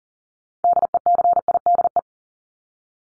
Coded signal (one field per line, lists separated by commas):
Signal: Morse code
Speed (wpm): 40 wpm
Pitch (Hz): 700 Hz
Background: none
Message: DECIDE